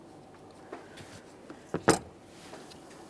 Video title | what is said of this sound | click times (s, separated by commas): How to Replace Ignition Coil Boots 2015-2020 Ford F-150 3.5L V6 | connect in your electrical connector press it in listen for a click a light tug lock it down | 1.9 s